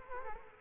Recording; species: mosquito wingbeat signal from an infrared sensor; Culex quinquefasciatus